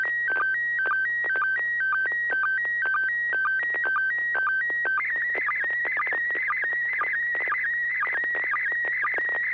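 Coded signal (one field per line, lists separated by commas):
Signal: SSTV (slow-scan television)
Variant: PD120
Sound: chirpy stepping header tones, then continuous rapid warbling whine with regular clicks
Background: radio static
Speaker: this is going to be PD 120, November 6 Hotel Alpha.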